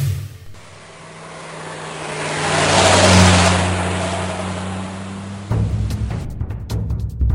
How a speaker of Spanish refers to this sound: Soy un coche de carreras, el bólido más veloz, pintado el número uno en medio de mi alerón.